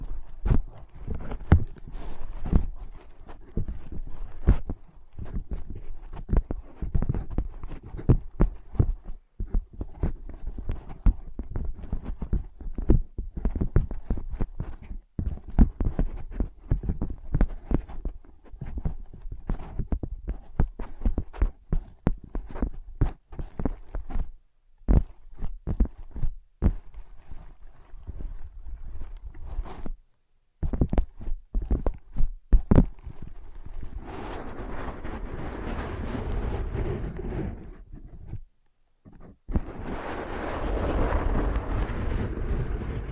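Tapping and scratching on ear pads: a dense run of soft, low thumps and taps with quick scratchy strokes between them through the first half minute, broken by brief silences near 25 and 30 seconds. After about 34 seconds, steadier, brighter rubbing and tracing sounds take over.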